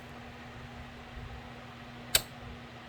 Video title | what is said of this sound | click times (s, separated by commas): 2008 Mercedes e350 4matic spark plug change at 91,000 miles.... | so you hear that click that's it | 2.2 s